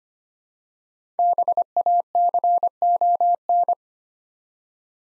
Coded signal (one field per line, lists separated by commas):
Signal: Morse code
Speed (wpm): 25 wpm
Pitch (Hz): 700 Hz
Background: none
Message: BACON